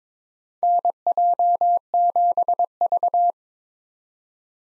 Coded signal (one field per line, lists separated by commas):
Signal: Morse code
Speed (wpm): 22 wpm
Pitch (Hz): 700 Hz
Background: none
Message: NJ7V